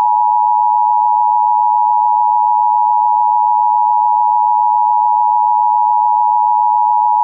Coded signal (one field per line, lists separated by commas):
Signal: Emergency Alert System (SAME) tones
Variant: 853 and 960 Hz attention tone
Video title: EAS Scenario: Ruined Vacation